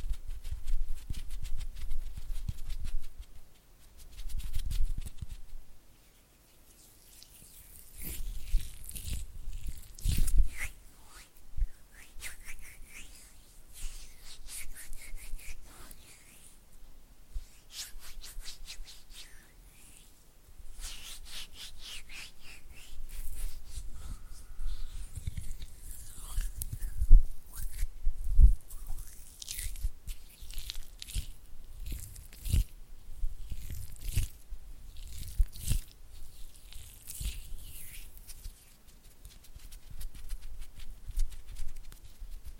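Oily hand and flutter finger sounds: wet, slick rubbing and rapid fluttering taps that come in bursts with short quiet gaps. The sticky crackles are bright and busy, with soft low thumps underneath, swelling and easing throughout.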